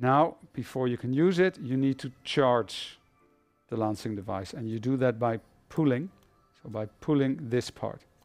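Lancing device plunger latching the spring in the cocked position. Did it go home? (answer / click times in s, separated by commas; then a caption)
no / none. A man talks while handling a plastic lancing device, getting ready to charge it by pulling back its plunger to cock the spring. Music plays faintly underneath, and the clip ends just before the part goes home, so nothing has seated or clicked yet.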